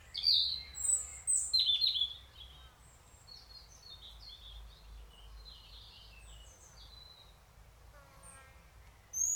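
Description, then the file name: European robin song: loud, high, jumbled twittering phrases in the first two seconds, then softer thin notes, with a brief louder note at the end. "Erithacus rubecula"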